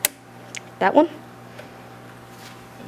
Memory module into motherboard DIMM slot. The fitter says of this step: because it's not in all the way here we go again hear the click